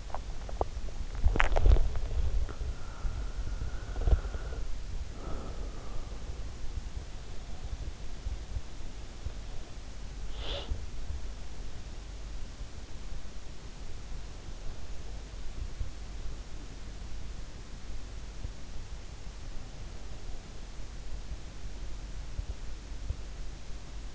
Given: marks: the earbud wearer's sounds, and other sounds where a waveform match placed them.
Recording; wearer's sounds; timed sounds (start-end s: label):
sounds in sleep by an in-ear microphone; swallowing, body movement, breath
0.00-1.99 s: swallowing
0.92-24.15 s: body movement
2.34-6.05 s: breath
10.15-11.44 s: breath